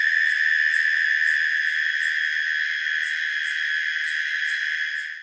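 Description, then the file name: Insects at night, a constant high buzzing drone overlaid with quick repeated high-pitched chirps, fading out at the end. Recorded at night in autumn in Australia. "zapsplat animals insects night australia"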